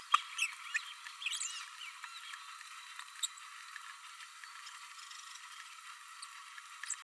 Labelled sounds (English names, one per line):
Green-rumped Parrotlet babbling